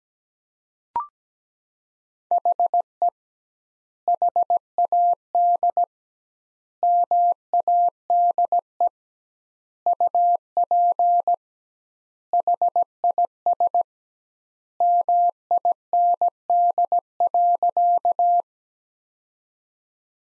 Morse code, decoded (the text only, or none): HE HAD MADE UP HIS MIND.